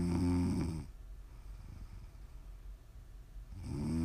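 Two low, buzzing snores with a clear vibrating pitch from an adult, one ending as the clip begins and another starting about three seconds later, with quiet breathing in between. This is ordinary rhythmic snoring, close up, made as ASMR to sleep or relax to.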